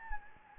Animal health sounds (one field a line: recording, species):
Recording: mosquito wingbeat signal from an infrared sensor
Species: Anopheles gambiae